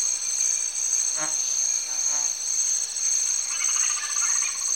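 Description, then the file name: Insects buzz in a steady high shrill chorus with a pulsing edge, with another short stacked call near one second and soft chattering trills later. Rainforest in Cameroon. "Cameroun- Turaco Birds, insects and tree frogs"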